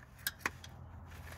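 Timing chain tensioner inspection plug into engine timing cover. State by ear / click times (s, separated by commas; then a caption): seated / 0.3 s, 0.5 s. A new, oil-coated timing chain tensioner inspection plug is pushed into the timing cover port of a 2.0T TSI VW/Audi engine. Two sharp clicks are heard at 0.3 s and 0.5 s, followed by a fainter tick and a steady low hum. The plug seats and locks in place so it won't pull back out.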